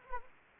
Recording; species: mosquito wingbeat signal from an infrared sensor; Anopheles arabiensis